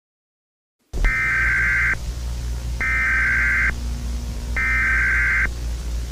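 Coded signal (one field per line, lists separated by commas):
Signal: Emergency Alert System (SAME) tones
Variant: header bursts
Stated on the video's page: Fictional EAS scenario with simulated SAME tones; the tones are described as potentially disturbing and not meant for broadcast.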